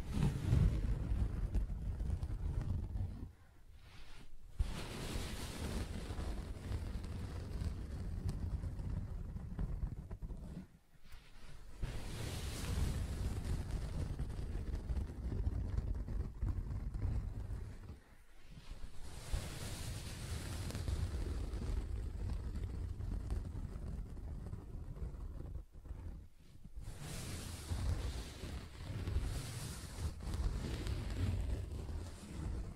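Soft scratching and rubbing on fabric over a steady low rumble, with brighter scratchy swells every few seconds and brief pauses between.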